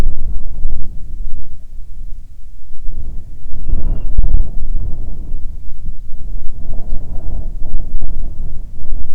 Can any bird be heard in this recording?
yes